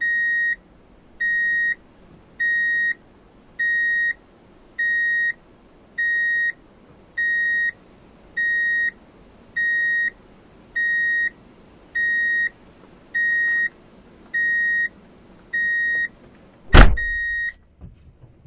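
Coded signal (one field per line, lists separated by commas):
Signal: none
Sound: car warning beeps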